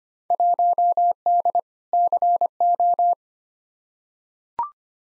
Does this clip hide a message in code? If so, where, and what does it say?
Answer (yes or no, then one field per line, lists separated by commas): yes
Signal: Morse code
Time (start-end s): 0.3-3.1 s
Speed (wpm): 25 wpm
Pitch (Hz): 700 Hz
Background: none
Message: 1D CO